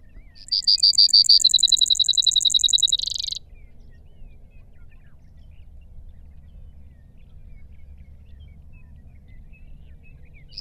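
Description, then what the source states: Brewer's sparrow singing one high, dry trill of nearly three seconds that changes near its end into a faster, buzzier run, followed by quiet background. Recorded in Sierra Valley in June 2002.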